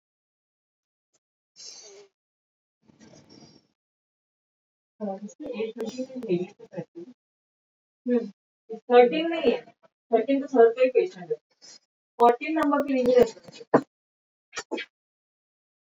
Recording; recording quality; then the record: deep breathing; moderate, slight background noise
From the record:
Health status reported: exposed to COVID-19, no respiratory illness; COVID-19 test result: negative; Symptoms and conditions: cough, asthma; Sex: female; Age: 33 years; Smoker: not ticked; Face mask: not worn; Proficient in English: yes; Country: India